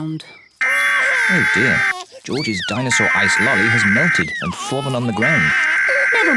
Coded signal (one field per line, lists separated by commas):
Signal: Emergency Alert System (SAME) tones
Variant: header bursts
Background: speech